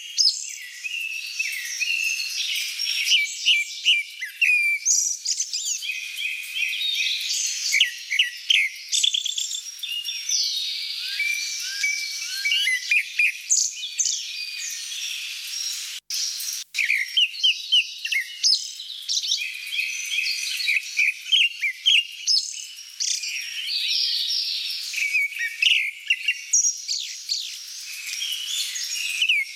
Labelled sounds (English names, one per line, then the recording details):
Grey-backed Thrush song
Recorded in the wild
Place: Ussuriskij-Reservat, RU
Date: 1994-06-08
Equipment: Dat-Recorder Casio DA 7, Telinga DAT, Telinga-Parabolspiegel
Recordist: Schwarz, Dieter